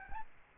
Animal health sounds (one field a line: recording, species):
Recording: mosquito wingbeat signal from an infrared sensor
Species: Aedes albopictus